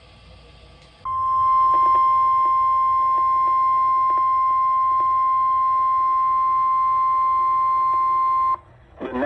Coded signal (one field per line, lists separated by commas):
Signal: Emergency Alert System (SAME) tones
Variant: 1050 Hz attention tone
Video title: Hits and Misses || EAS Alerts from 7/29/23 || EAS 850-873